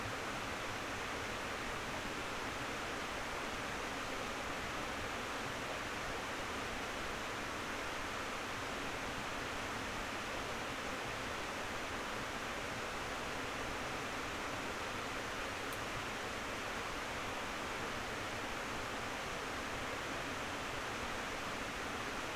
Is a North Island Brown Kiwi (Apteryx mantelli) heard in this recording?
no